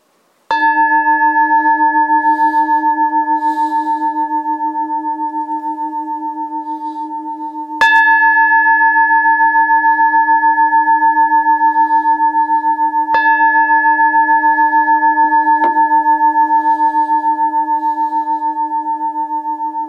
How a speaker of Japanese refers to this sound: で、鐘を鳴らしますので、この鐘の音に集中しましょう。